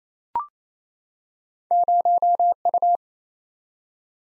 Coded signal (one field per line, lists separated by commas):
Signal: Morse code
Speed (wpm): 28 wpm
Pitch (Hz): 700 Hz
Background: none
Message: 0U